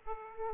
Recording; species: mosquito wingbeat signal from an infrared sensor; Aedes aegypti